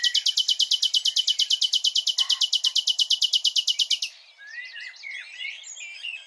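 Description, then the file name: Common nightingale song: a fast, regular volley of loud repeated notes for four seconds, followed by a softer jumble of twittering and whistled notes. "Luscinia megarhynchos"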